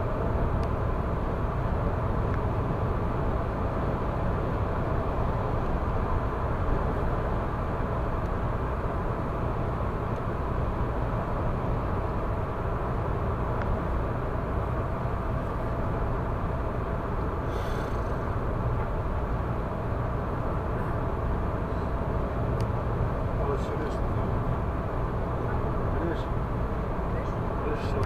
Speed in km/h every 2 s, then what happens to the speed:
106, 106, 106, 106, 106, 106, 106, 106, 106, 106, 106, 106, 106, 106.
0-28 steady at about 106.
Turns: none.